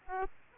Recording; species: mosquito wingbeat signal from an infrared sensor; Aedes aegypti